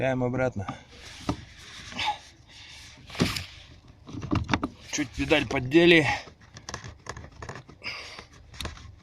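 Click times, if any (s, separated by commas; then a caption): 8.6 s. A clutch pedal assembly part on a Volkswagen Polo Sedan is pushed back into the pedal bracket while the pedal is moved slightly, as part of fixing a squeaking clutch pedal. Someone talks over scattered rattles and short clicks from the work. The part snaps into place with a sharp click at 8.6 s.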